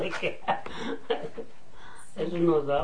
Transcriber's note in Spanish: risas